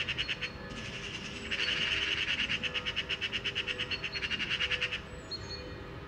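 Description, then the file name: Eurasian magpie chattering in a sustained, grating rattle of fast even notes for several seconds, followed by a thin whistle. "Pica pica"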